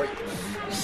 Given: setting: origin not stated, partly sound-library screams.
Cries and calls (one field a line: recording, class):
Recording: one-second piece from a danger detection set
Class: normal situation